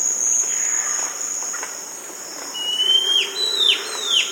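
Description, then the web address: Chestnut-crested Antbird calling, a few sharp whistled notes sliding downward in the second half, over a steady high insect drone. South America. "Natures Songs S America Chestnut-Crested Antbird"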